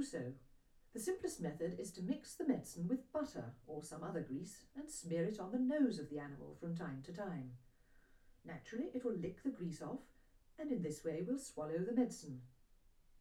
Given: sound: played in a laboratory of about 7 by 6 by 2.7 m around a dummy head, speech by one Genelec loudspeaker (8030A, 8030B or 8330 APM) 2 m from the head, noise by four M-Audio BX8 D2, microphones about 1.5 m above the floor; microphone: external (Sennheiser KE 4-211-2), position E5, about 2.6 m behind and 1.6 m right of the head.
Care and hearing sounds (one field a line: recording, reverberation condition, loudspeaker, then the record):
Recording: female speech in English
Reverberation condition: low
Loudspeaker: 60 degrees to the right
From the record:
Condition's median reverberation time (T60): about 310 ms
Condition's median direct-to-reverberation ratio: about 3.5 dB